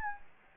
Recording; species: mosquito wingbeat signal from an infrared sensor; Anopheles gambiae